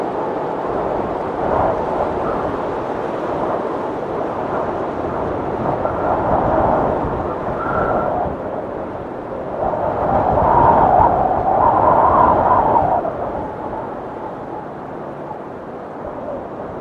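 Strong wind roars steadily with a deep rumble, swelling into a louder, whistling gust around the middle before easing back slightly.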